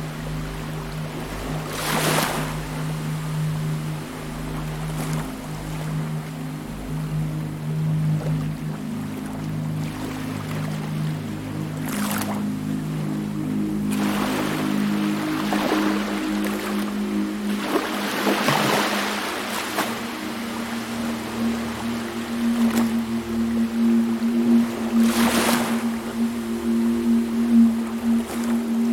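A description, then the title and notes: Beach sounds with a steady low drone underneath, like a boat engine humming through the whole stretch. Short bright washes of surf or splashing break over it every few seconds, strongest near the two, twelve, eighteen and twenty-five second marks. The Mysterious Sounds of the Beach.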